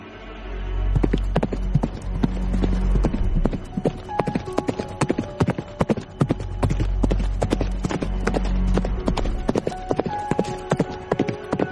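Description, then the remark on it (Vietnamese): Horse hooves gallop in a quick, steady clip-clop rhythm over a low rumbling bed of sound, the sharp hoofbeats continuing throughout with no voices. Three riders gallop their horses south. “Không lâu sau, ba người tìm lại ngựa rồi phi về hướng nam.”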